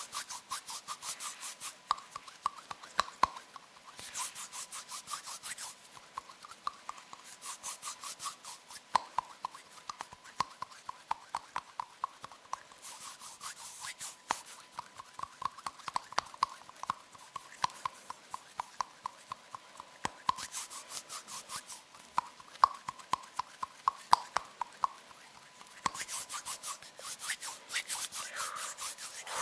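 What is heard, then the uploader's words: Hands make a busy run of small sounds: quick fluttering bursts and soft rubbing, broken by sharp little clicks and plucks. The texture is dense and bright, with bursts coming in clusters every few seconds, strongest around 2–5, 20–22 and 26–29 seconds. Rode Mic. Hand Sounds (Fluttering, Rubbing, Plucking, Hand Cream ...)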